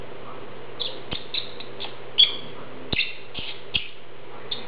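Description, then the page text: Lovebird chirping, a series of brief shrill squeaks with one louder whistled note, accompanied by sharp clicks and a low background hum. "Попугай неразлучник - Голос"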